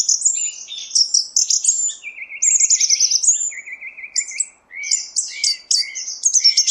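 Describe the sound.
Song thrush song of high whistles and chirps with a lower rattling trill given twice, phrases following quickly.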